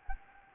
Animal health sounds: mosquito wingbeat signal from an infrared sensor; Anopheles gambiae

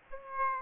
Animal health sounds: mosquito wingbeat signal from an infrared sensor; Aedes aegypti

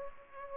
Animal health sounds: mosquito wingbeat signal from an infrared sensor; Aedes aegypti

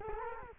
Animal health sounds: mosquito wingbeat signal from an infrared sensor; Culex quinquefasciatus

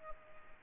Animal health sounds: mosquito wingbeat signal from an infrared sensor; Aedes aegypti

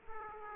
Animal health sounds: mosquito wingbeat signal from an infrared sensor; Aedes aegypti

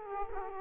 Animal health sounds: mosquito wingbeat signal from an infrared sensor; Aedes aegypti

